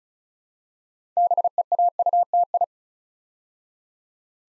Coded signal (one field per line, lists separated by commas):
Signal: Morse code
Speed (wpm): 36 wpm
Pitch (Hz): 700 Hz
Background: none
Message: BEAUTI